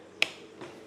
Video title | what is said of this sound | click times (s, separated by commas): Setup Your Fluval FX2 in 30 Minutes or Less, Guaranteed! | And you'll hear the click when it's in place. | 0.2 s